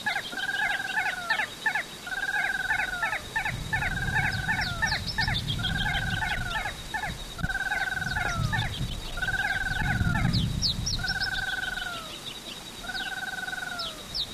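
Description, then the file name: Ash-throated crake calling in a steady series of repeated downslurred notes, with sharp high ticks above and a low rumble in the background. "Porzanaalbicollis"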